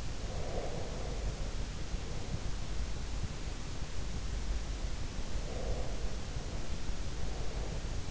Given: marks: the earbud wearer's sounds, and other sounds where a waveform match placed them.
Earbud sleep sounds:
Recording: sounds in sleep by an in-ear microphone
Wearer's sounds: breath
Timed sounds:
0.19-2.59 s: breath
5.52-8.11 s: breath

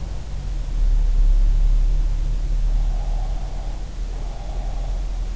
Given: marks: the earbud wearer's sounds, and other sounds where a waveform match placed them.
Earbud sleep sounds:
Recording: sounds in sleep by an in-ear microphone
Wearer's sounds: breath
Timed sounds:
2.80-5.28 s: breath

